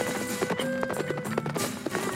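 Horses being mounted and ridden off: hooves clip-clop in an uneven, trotting rhythm, a string of sharp knocking beats over a steady tonal background, with no one speaking.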